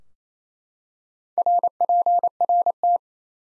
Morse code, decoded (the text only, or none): RPRT